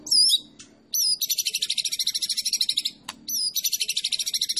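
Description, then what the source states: White-rumped shama song: loud, looping whistled notes, each followed by a long, fast, rattling trill, with faint low chirping beneath. Masteran tutor recording of a champion white-rumped shama, made for training songbirds.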